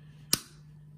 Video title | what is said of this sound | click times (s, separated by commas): KWA VM4 Ronin T6 Unbox, Features, Set Up and Upgrade | So again, the same as the front sight, you just simply pull it up and that will click into place. | 0.3 s